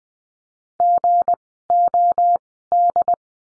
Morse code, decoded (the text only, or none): GOD